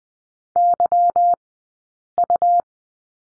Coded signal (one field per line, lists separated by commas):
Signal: Morse code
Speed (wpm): 20 wpm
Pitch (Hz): 700 Hz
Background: none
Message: Y U